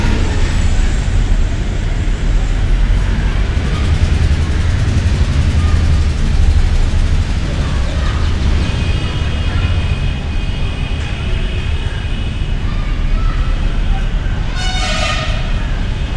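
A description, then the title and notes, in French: Inside a temple near an intersection and a mosque, a steady low rumble of traffic fills the whole clip, with voices murmuring underneath. Faint tonal sounds drift in after the midpoint, and a brief bright ringing tone rises near the end. Dans un temple. Près d'une intersection & d'une mosquée. Saundatti.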